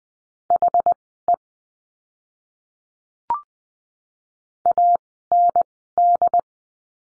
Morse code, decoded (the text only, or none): HE AND